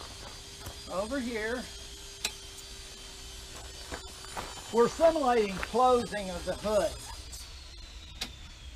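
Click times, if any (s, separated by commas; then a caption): 2.2 s. A hood latch on a three-wheeled roadster is pushed down by its top black part until it snaps over into the closed position, simulating the hood being shut. Someone talks, and the latch snaps closed with a sharp click at 2.2 s.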